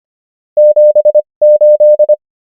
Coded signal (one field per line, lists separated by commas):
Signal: Morse code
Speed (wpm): 25 wpm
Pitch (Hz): 600 Hz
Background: none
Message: 78